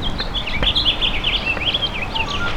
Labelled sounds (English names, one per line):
House Finch song